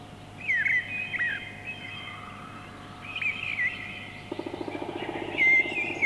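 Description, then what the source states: Mistle Thrush song: whistled phrases in short bursts, with a rapid low pulsed sound late. Field recording from Finland, released 1988 on cassette.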